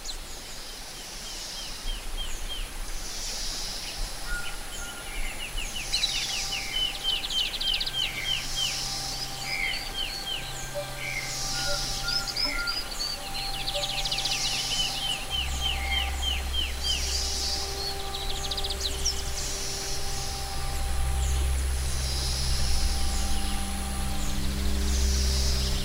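The soundscape heard in a tree canopy: birds call and chirp throughout, with quick repeated trills and bright high notes recurring every few seconds. Steady tones hum underneath, and from about fifteen seconds a low drone swells, making the last part louder.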